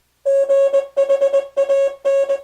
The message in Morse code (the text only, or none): GHAN